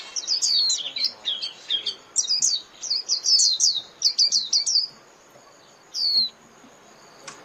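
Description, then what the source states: White-eye calls: high thin descending chirps and twittering phrases in quick bursts, then pauses and a lone call near the end. Lure call used for trapping (mồi).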